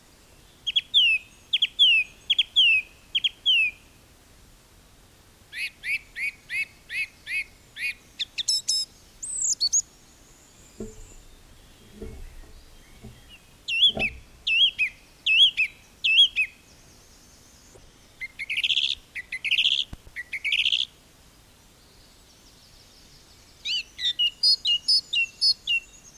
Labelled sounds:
Song Thrush song

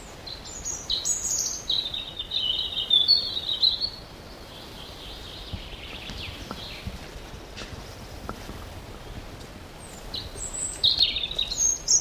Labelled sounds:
European Robin song

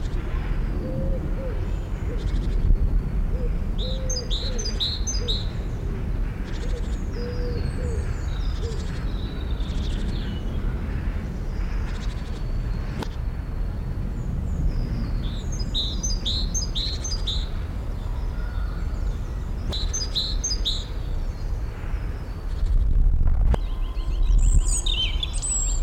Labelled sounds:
European Robin

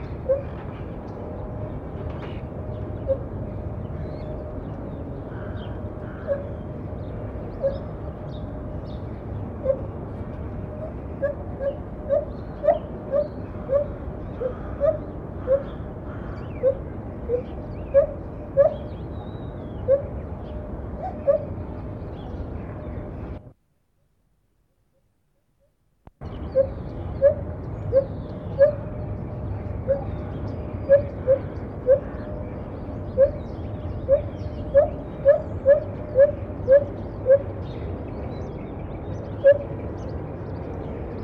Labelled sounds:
Lar Gibbon

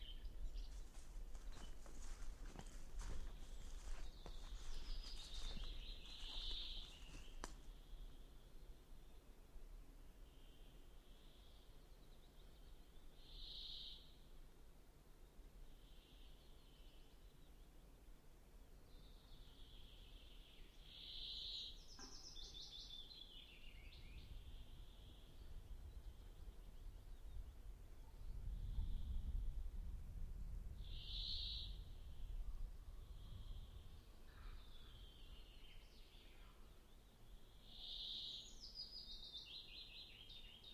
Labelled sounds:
Common Redstart song

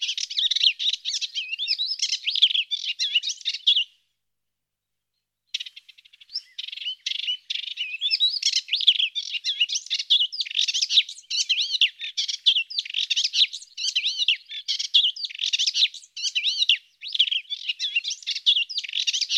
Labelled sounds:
Melodious Warbler song

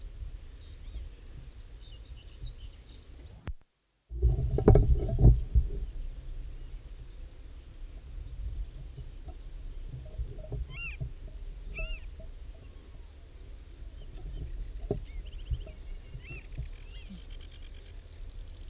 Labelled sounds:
Western Marsh Harrier

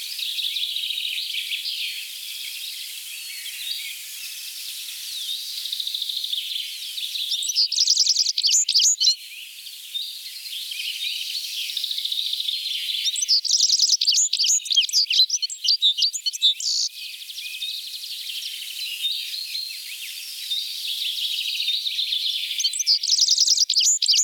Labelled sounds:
Citril Finch song

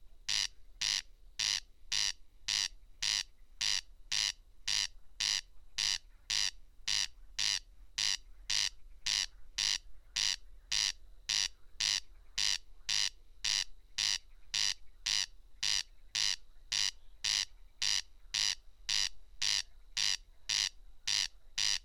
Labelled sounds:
Corn Crake song

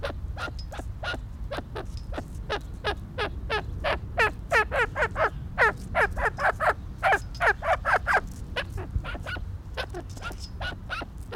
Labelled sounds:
Arabian Partridge call

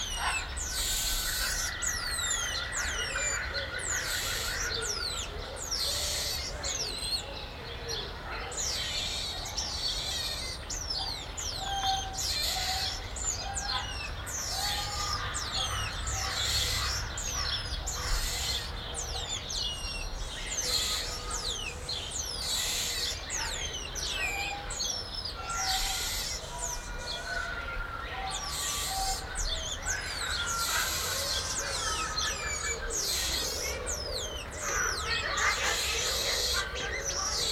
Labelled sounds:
Cottontop Tamarin

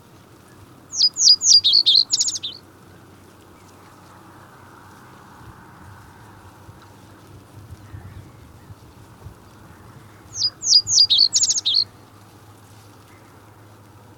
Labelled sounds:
Reed Bunting song

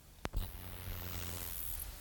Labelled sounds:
Roesel's Bush-cricket stridulation
Meadow Grasshopper

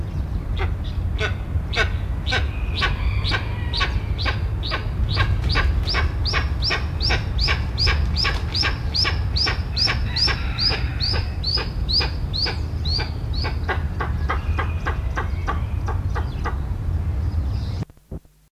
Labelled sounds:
Eastern Imperial Eagle call

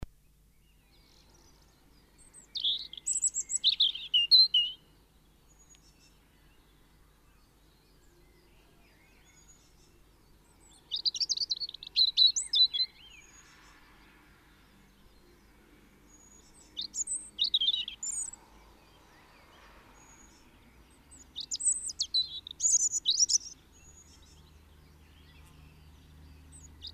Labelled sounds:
European Robin song

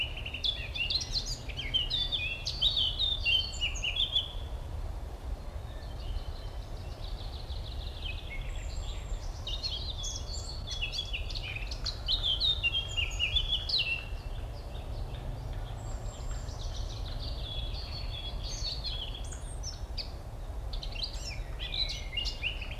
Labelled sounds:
Eurasian Blackcap song

